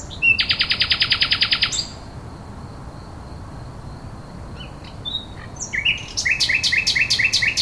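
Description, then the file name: Common nightingale song: a fast buzzy trill of repeated notes, a pause with soft whistles, then another rapid repeated series. "rossignol"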